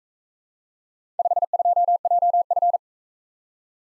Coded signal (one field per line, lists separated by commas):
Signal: Morse code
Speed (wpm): 42 wpm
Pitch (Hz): 700 Hz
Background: none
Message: 52JF